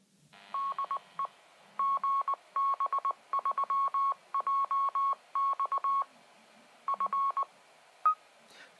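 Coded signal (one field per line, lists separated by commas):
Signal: Morse code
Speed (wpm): 20 wpm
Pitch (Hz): 1100 Hz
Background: none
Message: DE GB3JX F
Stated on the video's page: Repeater identification.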